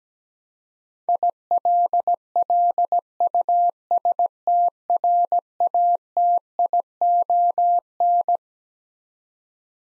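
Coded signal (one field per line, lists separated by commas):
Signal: Morse code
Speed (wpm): 17 wpm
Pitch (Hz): 700 Hz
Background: none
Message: ILLUSTRATION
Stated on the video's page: Head-copy practice of twelve-letter words at 17wpm; each word is sent in Morse, then spoken, then sent again.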